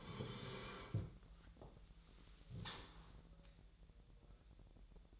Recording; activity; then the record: daily activity, microphone in the room; sit down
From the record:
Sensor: 3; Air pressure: 1001.6 hPa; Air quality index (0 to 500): 248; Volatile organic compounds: 145 ppm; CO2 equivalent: 3998 ppm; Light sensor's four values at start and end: 16/36/16/16 and 13/30/13/13